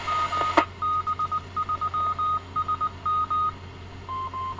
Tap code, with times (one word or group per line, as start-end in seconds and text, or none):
none